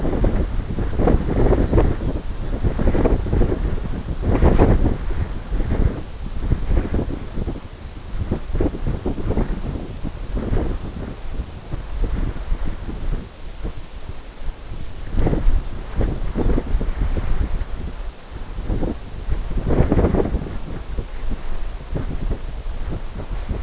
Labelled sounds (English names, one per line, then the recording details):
Lapland Longspur
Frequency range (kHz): Lapland Longspur 3.0-4.5 kHz
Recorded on Arctic tundra, site NAIT-1, on 21 June 2018
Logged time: 17:00